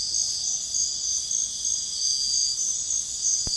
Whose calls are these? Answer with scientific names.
none